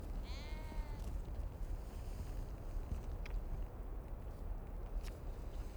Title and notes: Moutons de Kallur LightHouse Féroé, Trøllanes, Îles Féroé. Ces Moutons sont nombreux sur les versants qui conduisent au Phare de Kallur, et quel bonheur dans ce vent fort!!! Un bout du monde, perché en vigie au nord de Kalsoy, une des Iles des Féroé, un des points les plus au Nord des Iles!